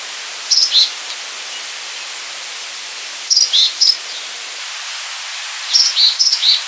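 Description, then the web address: African blue tit calls, short groups of a few high, clipped notes repeated every few seconds over steady hiss. Tenerife, Canary Islands. "wroblowe ptaki cyanistes teneriffae"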